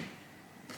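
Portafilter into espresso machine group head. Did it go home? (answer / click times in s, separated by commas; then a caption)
no / none. A metal portafilter is being handled under the brew head of a Lidl espresso machine, being fitted and twisted toward locking into the group head. Soft broadband scraping and rubbing noise runs throughout, with a brighter, louder burst near the start and again from about 0.7 s. Nothing has seated or clicked yet; the portafilter is not yet locked home.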